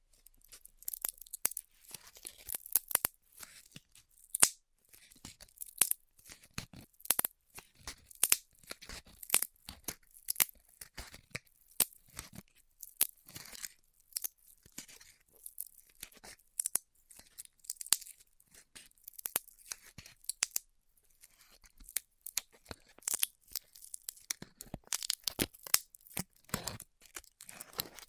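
Styrofoam being cut with a heat cutter, heard as a continuous run of sharp crackles and snaps for the whole stretch. The clicks come in irregular, dense bursts with brief gaps, bright and papery, like tearing or crunching foam.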